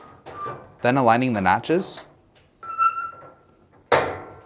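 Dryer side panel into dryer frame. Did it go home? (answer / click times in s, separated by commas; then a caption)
yes / 3.9 s. Someone talks while a side panel on a Fisher & Paykel dryer, removed to replace the manual reset thermostat (part # 395155), is lined up on its notches and pushed into the dryer frame. A soft sound rises at 2.6 s, then a sharp snap at 3.9 s marks the panel seating into place on one side.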